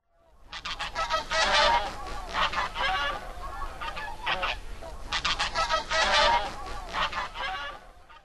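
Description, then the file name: Bean goose flock honking, a dense chorus of nasal, overlapping honks in two loud bursts with a brief lull between them. Osatsu, Japan, 29 October 2011. "hishikui 111029 osatsu namba"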